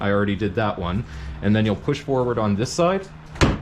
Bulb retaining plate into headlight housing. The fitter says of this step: and you'll hear the other pop right there. So now it's locked into place,